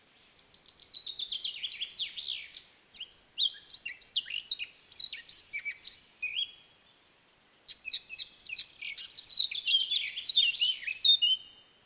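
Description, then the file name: Eurasian blackcap warbling in several bursts of quick, varied high notes and trills, with short pauses between them. "Sylvia atricapilla"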